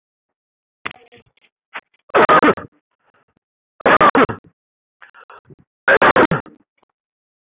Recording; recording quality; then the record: heavy voluntary cough; poor, much background noise or distortion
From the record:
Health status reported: healthy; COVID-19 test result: not tested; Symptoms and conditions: none ticked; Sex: male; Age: 47 years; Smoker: not ticked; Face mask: not worn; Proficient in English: yes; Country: India